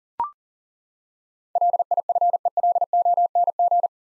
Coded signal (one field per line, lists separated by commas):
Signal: Morse code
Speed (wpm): 40 wpm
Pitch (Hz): 700 Hz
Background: none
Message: LIFELONG